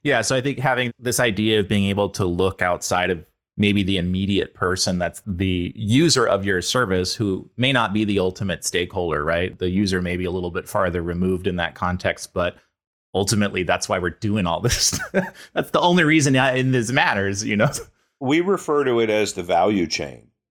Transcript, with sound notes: So, I think having this idea of being able to look outside of maybe the immediate person, that’s the user of your service, who may not be the ultimate stakeholder, the user may be a little bit farther removed in that context, but ultimately, that’s why we’re doing all this.. [laugh] That’s the only reason any of this matters.
We refer to it as the value chain.